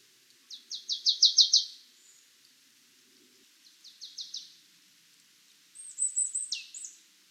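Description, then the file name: Marsh tit calls: a fast burst of about seven high, even notes, a shorter burst of similar notes a few seconds later, then a brief run of higher notes ending in a downward slur. "Poecile palustris"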